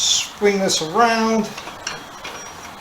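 Someone talks as a wiring harness is put back onto its plastic wire keeper clip on a motorcycle and swung into place. A sharp snap at 1.9 s marks the clip seating, followed by a softer, longer knock around 2.3 s.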